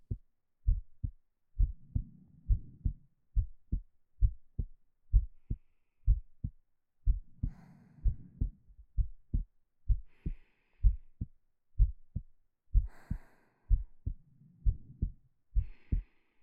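Steady, low, paired lub-dub thumps of an adult heart at roughly 63 beats a minute. A soft low rumble and occasional faint rustling sit behind the beats. A plain heartbeat played as a calming sound for sleep.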